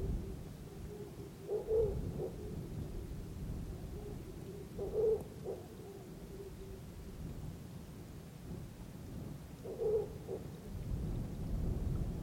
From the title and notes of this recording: Thunderstorm and heavy wind on the roof of Africa. Listen to a powerful thunderstorm, stron winds and wildlife calling on the Roof of Africa.